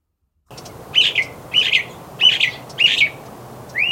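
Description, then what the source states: Northern Mockingbird song: a bright, buzzy two-part phrase repeated four times, about every half second, then a new rising note begins. Recorded by Ron Batie for the Macaulay Library; the species mimics other songbirds, and each phrase of its complex song is usually repeated three to five times.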